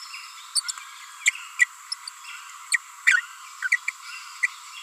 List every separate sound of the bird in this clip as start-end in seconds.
0.55-0.60, 0.68-0.71, 1.25-1.30, 1.59-1.65, 2.72-2.77, 3.06-3.20, 3.63-3.68, 3.71-3.77